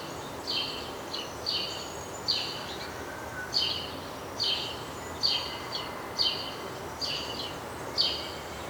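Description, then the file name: House sparrow chirping steadily, a series of short bright chirps, some paired, over continuous background hiss. "Passer domesticus"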